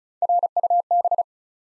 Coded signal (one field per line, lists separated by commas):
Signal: Morse code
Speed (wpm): 36 wpm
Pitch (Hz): 700 Hz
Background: none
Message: RUB